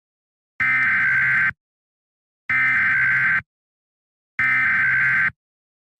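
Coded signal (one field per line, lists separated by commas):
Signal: Emergency Alert System (SAME) tones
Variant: header bursts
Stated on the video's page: Fictional alert scenario made for entertainment, containing valid alert tones.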